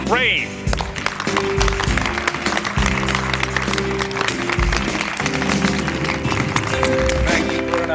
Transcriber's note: soundbite of applause